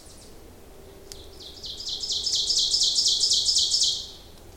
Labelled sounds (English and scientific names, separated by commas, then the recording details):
Ovenbird (Seiurus aurocapilla) song
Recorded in boreal forest in Alberta, Canada, on 26 May 2016 at 07:15
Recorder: SongMeter 3, array SBT-3-15
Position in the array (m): 41 m, 274 m
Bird 20